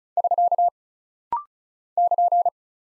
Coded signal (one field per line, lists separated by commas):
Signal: Morse code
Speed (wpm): 36 wpm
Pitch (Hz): 700 Hz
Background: none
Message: <SK> <KN>